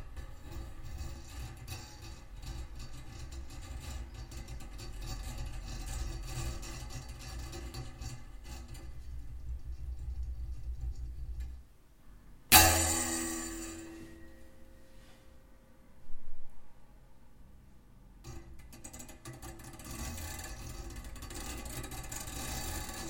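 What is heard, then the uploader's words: A desk lamp rattles and hums low, then goes quiet around twelve seconds, snaps sharply with a ringing decay, bumps again near sixteen, and resumes rumbling. Objects: Anglepoise. Sounds made with my Anglepoise desk lamp. Nothing is reversed, time-stretched, etc., just cut & pasted, layered up and with a touch of EQ, panning, compression and reverb to pull it all together. All sounds recorded in my studio using a Zoom h4n recorder (internal mics).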